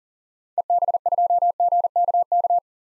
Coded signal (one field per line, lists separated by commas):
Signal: Morse code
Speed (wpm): 37 wpm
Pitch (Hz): 700 Hz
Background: none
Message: EB2GKK